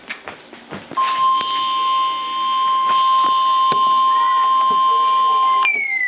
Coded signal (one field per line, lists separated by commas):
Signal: Emergency Alert System (SAME) tones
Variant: 1050 Hz attention tone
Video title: Extreme Calamity III: Bloody Tuesday! EAS Alerts from 7/21/2026 (EAS 651-678)